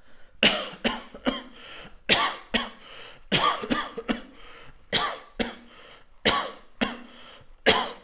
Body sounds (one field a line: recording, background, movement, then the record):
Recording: voluntary coughing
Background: quiet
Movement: walking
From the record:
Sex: male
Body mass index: 22.0 kg/m2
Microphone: on the chest, facing outward